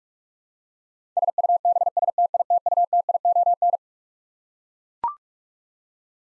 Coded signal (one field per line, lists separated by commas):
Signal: Morse code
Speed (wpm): 41 wpm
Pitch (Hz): 700 Hz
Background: none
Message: SUBSTITUTION